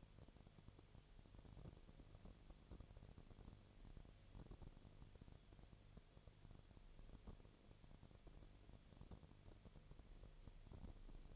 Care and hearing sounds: daily activity, microphone in the room; no activity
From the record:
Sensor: 4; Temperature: 22.4 degrees Celsius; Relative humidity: 31.0%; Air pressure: 1004.1 hPa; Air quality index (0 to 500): 85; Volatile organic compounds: 1 ppm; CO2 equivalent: 772 ppm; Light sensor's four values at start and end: 2/3/1/1 and 2/3/1/1

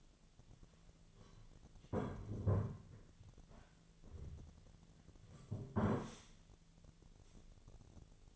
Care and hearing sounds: daily activity, microphone in the room; sit down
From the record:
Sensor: 4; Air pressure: 1008.9 hPa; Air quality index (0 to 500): 171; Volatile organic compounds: 5 ppm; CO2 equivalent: 1720 ppm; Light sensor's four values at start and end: 23/73/28/26 and 23/73/28/26

